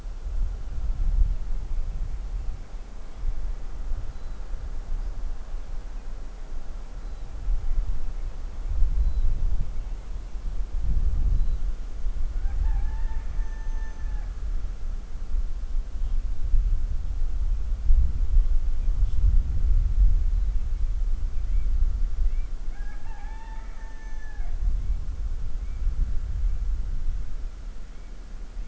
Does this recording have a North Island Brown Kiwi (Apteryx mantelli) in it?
no